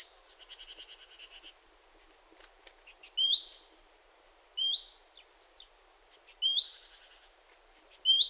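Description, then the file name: Great tit calls open with a short rattling chatter, then high thin notes each paired with a rising buzzy sweep, repeated several times. "Parus major"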